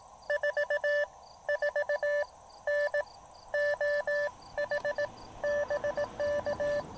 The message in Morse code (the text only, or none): 4 4 N OH BK